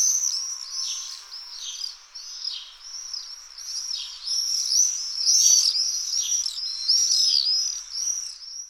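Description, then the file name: Common swifts giving a steady stream of thin, shrill, arching screams, many overlapping, swelling to a peak in the middle and continuing to the end. "Falciot Cant"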